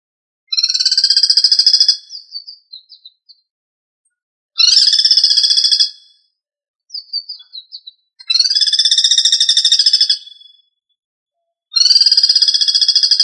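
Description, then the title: Bird song made of rapid, rattling trill phrases, four of them separated by pauses, with a few brief softer chips trailing after some phrases. "LuckyPassaro Completos2Sama"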